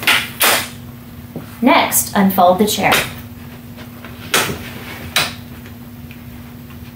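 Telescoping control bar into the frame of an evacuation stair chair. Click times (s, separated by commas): 0.1 s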